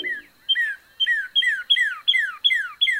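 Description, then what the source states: Northern Cardinal song: a series of clear whistles, each sliding downward, repeated in quick succession. Female singing.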